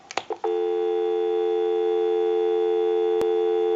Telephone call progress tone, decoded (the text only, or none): dial tone